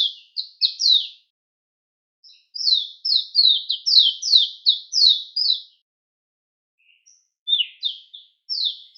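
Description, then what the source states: Mayotte white-eye song, fast tumbling series of high downslurred notes in bursts separated by short silences. Recorded on Mayotte; local name shilaputu.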